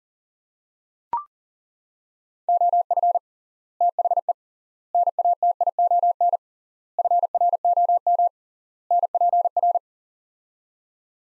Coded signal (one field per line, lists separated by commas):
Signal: Morse code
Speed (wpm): 37 wpm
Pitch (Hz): 700 Hz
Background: none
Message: OF THE NATION FROM NPR